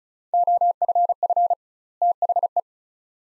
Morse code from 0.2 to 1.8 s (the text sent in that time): OFF